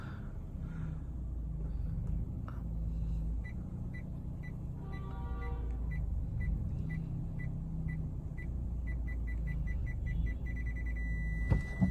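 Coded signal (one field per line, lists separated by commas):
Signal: alarm pattern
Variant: car reverse parking sensor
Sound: short 2 kHz beeps getting faster, then one steady continuous beep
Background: car engine rumble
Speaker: यह देखो पहले बीप बीप की आवाज कर रही थी और जब बिल्कुल मैं पास में पहुंच गई तो कंटीन्यूअसली बी पी ऐसे करने लग गई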